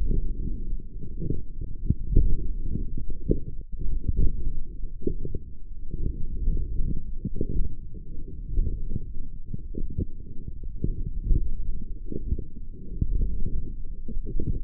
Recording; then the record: forearm muscle sounds (acoustic myography)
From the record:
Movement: forearm supination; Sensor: system 1, eight BSWA MPA416 microphones around the upper forearm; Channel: 5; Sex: male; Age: 18 years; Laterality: right